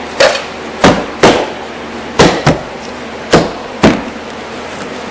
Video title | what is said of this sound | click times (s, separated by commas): Toyota Corolla Side View Mirror Replacement 2002-2009 | Everything snaps right in. | 0.8 s, 1.2 s, 2.2 s, 2.5 s, 3.8 s